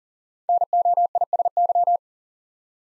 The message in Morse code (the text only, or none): NOISY